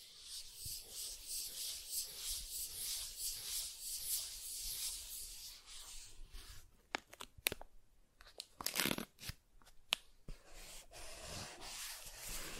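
Soft tracing across surfaces, starting as a steady run of rhythmic, hissy strokes about twice a second for the first six seconds. After that the strokes break up into sparse, sharper scrapes and brief rubs with quiet gaps, a louder burst near nine seconds.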